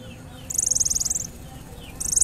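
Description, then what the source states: Orange-headed thrush: a short, harsh, high buzzing rattle, then a second rattle starting after a brief pause, with faint soft chirps beneath. Orange-headed thrush giving 'cip' and 'brebetan' call types.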